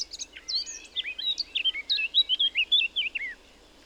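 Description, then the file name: Eurasian blackcap song: a brief chattery start leading into loud, rich fluting whistles that rise and fall in quick succession before stopping abruptly. "Sylvia atricapilla"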